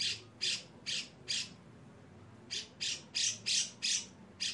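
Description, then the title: Grey-cheeked bulbul rasping harshly in buzzy bursts, four notes, a pause of over a second, then a further run of grating notes. Long, harsh "besetan" song style, used as a master and lure recording for training caged birds. "MASTERAN CUCAK JENGGOT GACOR FULL BESETAN KASAR DURASI PANJANG. CUCAK JENGGOT GACOR SUARA BESETAN PANJANG‼️PANCINGAN-MASTERAN BURUNG"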